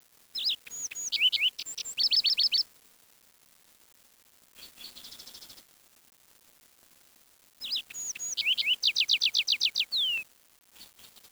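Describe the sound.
Bird calls in two bright bursts of rapid, looping chirps, each burst including a fast repeated series of upsweeping notes, with a softer buzzy phrase between them.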